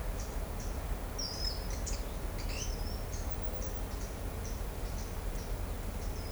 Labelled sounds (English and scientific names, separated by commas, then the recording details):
Ochre-lored Flatbill (Tolmomyias flaviventris)
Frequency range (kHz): Ochre-lored Flatbill (Tolmomyias flaviventris) 4.2-6.2 kHz
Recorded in shrubland near Pivijay, Magdalena, Colombia, on 3 June 2023 at 15:30
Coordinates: 10.453, -74.365
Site P5-G022